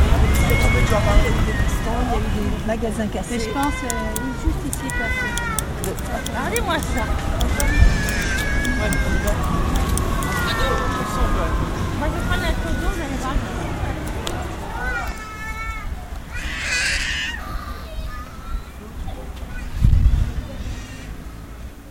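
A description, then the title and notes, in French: A street protest in progress: many voices overlap, with chanting and shouting rising and falling in pitched phrases through the first fifteen seconds. Low traffic rumble runs underneath, a sharp hissing burst comes near seventeen seconds, and a dull thump lands around twenty. Manifestation contre Contrat Première Embauche, Grenoble en mars 2006.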